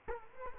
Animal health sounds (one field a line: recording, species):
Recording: mosquito wingbeat signal from an infrared sensor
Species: Culex quinquefasciatus